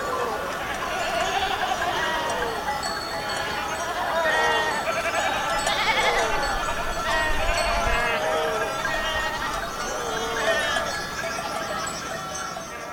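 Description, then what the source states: Goat herd bleating continuously, quavering calls overlapping from several animals, some louder bleats rising above the rest. Goats in Akamas, Cyprus.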